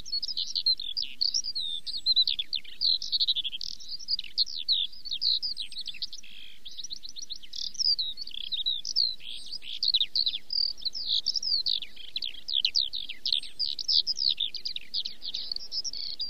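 A skylark sings a continuous, rapid, bright warbling stream of trills and chirps throughout, steady, over a faint low rumble.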